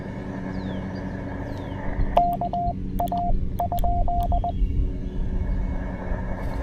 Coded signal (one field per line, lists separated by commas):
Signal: Morse code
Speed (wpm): 20 wpm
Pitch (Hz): 700 Hz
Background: none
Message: KA?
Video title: Penntek TR-45L Skinny: QRP POTA from Great Seal State Park!